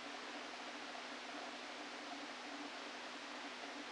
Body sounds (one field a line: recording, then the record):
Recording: brain microelectrode recording played as sound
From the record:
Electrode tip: outside the subthalamic nucleus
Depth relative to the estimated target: 2 mm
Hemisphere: left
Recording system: NeuroSet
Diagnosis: Parkinson's disease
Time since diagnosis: 13 years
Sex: male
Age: 49 years